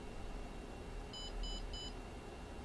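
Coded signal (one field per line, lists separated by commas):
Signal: none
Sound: camera startup beeps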